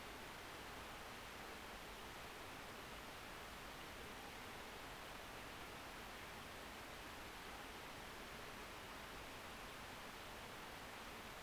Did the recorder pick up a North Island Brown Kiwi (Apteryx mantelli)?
no